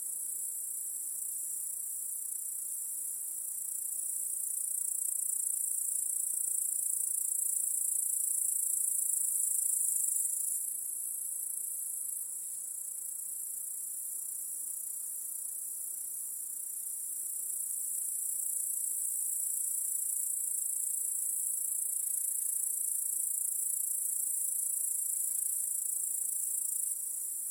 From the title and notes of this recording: Crickets in Your Backyard. The unassuming chorus of crickets.